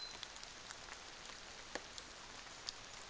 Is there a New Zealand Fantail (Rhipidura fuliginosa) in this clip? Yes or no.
no